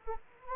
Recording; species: mosquito wingbeat signal from an infrared sensor; Anopheles arabiensis